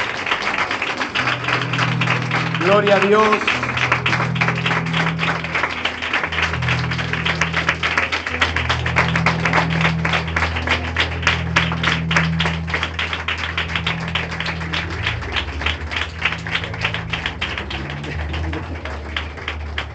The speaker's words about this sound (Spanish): Gloria a Dios. Qué bonito aplauso fue ese, ¿eh?